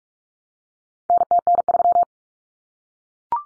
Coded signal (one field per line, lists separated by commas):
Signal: Morse code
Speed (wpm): 44 wpm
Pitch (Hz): 700 Hz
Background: none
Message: NTN3